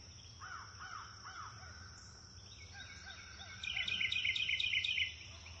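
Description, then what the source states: Bird chirps: a few soft arched chirps, then a rapid high twittering burst lasting over a second, with faint lower notes, over a constant high hiss. Nature ambience recorded in a wood near a river, with birds chirping.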